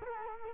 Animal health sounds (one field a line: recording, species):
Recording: mosquito wingbeat signal from an infrared sensor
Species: Culex quinquefasciatus